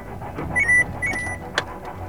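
A mobile phone text alert chirps twice, each a short, bright electronic tone, over a steady low engine rumble, followed by a brief sharp click.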